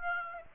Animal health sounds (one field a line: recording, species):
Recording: mosquito wingbeat signal from an infrared sensor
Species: Aedes aegypti